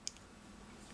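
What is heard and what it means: A folding pocket knife with an axis lock is opened, and the lock bar snaps into place on the blade with one crisp click at 0.1 s, followed by a fainter tick. This second knife locks cleanly and is judged better than the first knife.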